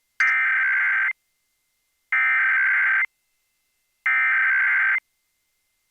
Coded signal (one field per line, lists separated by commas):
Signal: Emergency Alert System (SAME) tones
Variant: header bursts